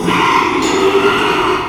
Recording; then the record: squeal of a Yucatan mini pig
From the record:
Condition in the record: after surgery on the right vocal fold (resection and tissue-engineered implant); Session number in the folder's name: 1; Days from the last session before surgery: 6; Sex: male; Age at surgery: 12 weeks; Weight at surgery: 13 kg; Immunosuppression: cyclosporine, prednisolone